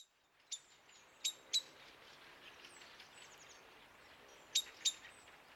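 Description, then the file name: Common blackbird short sharp call notes, spaced irregularly, a single note then pairs, over a noisy hissing background. "Turdus merula"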